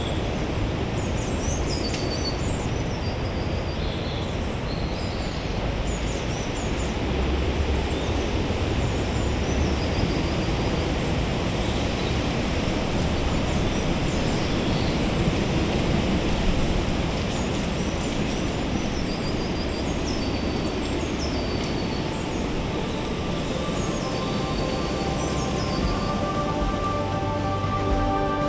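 A woodland soundscape with a steady, dense low rumble of traffic filling the whole recording. High, thin birdsong chirps and trills recur throughout above it, faint. The overall level stays even, with no sudden events.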